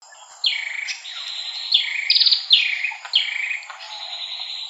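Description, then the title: Oriental magpie-robin delivering a continuous run of sweet whistles, slurred downward notes and rapid chattering trills with scarcely a pause. "Kicau Kacer"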